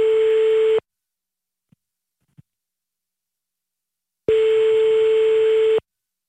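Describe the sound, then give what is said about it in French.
A steady, buzzy ringback tone of an outgoing phone call to someone's mother sounds in two long pulses separated by a few seconds of silence, with a couple of faint clicks in the gap. “on va lui passer un petit coup de téléphone, c'est parti.”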